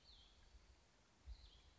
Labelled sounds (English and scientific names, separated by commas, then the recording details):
Cassin's Vireo (Vireo cassinii)
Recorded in Sonoma County, California